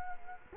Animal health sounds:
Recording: mosquito wingbeat signal from an infrared sensor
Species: Culex quinquefasciatus

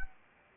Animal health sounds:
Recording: mosquito wingbeat signal from an infrared sensor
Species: Anopheles arabiensis

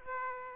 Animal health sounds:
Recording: mosquito wingbeat signal from an infrared sensor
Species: Aedes aegypti

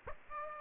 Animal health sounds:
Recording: mosquito wingbeat signal from an infrared sensor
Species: Aedes aegypti

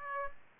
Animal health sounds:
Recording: mosquito wingbeat signal from an infrared sensor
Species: Aedes aegypti

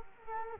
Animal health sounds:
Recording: mosquito wingbeat signal from an infrared sensor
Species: Culex quinquefasciatus

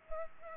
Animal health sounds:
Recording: mosquito wingbeat signal from an infrared sensor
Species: Culex pipiens

